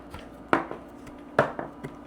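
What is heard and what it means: Small rubber end caps are pulled off the bottom ends of the metal leg tubes of a HOMLAND T8 toilet safety rail. Two sharp pops at 0.5 s and 1.4 s mark the caps coming free, with fainter taps around them. Both caps are released from the tubes.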